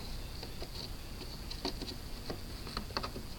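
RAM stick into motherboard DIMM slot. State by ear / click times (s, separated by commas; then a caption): not seated / none. A RAM stick is lined up in a motherboard DIMM slot before being pressed down, producing only light handling noises: soft scrapes and small ticks over a steady background hiss, with the sharpest taps near 1.7, 2.8 and 3.0 seconds. The module has not yet been pushed down, and nothing has seated or clicked yet.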